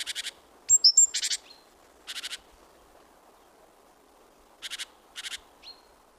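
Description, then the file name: Great tit calls: short harsh buzzy bursts, with one pair of thin high notes early on and quiet gaps between. "Parus major"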